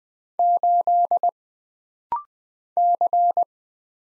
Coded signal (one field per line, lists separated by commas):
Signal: Morse code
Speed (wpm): 20 wpm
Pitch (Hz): 700 Hz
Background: none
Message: 8 C